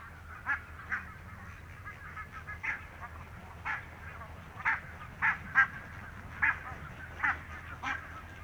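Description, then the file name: Barnacle goose calls: short, sharp yapping honks repeated at irregular intervals, roughly one every second, over a steady low rumbling background. "valkoposkihanhi"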